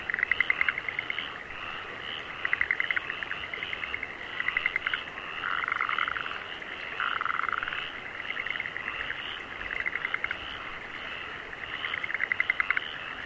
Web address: Sound Effects-Foundation 1 ANIMAL FROGS AOMORI RICE FIELDS